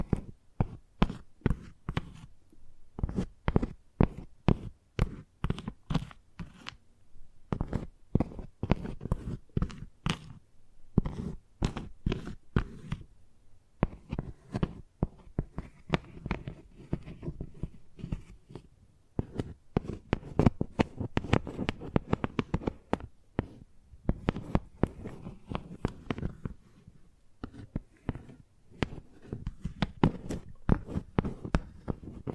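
Chalk tapping and scratching, made of sharp, dense clicks and taps that run almost without pause for the full length. The hits come in quick irregular bursts, with brief gaps near 3, 7 and 14 seconds. Each tap is bright at the start with a dull low thud underneath.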